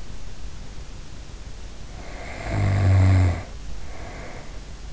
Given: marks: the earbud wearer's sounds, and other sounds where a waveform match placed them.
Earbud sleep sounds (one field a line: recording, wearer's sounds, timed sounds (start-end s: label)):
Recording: sounds in sleep by an in-ear microphone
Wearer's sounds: snoring breath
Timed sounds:
1.89-4.57 s: snoring breath